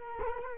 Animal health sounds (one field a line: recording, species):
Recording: mosquito wingbeat signal from an infrared sensor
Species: Culex quinquefasciatus